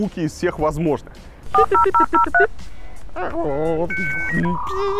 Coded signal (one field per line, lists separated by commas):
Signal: DTMF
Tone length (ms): 120 ms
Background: speech, music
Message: 40003